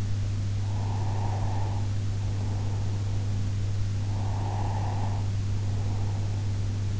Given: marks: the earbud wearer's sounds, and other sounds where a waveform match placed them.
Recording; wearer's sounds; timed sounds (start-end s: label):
sounds in sleep by an in-ear microphone; breath
0.63-3.18 s: breath
3.98-6.69 s: breath